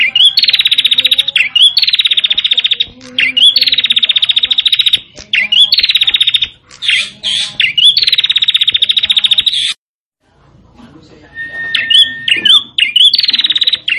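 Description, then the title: Prinia song: fast buzzy rattling trills, each opened by a quick upslurred note, repeated in runs. A short silence follows, then a steady whistled tone and more trills. Local name: prenjak cemplir. "Suara Burung Prenjak Cemplir"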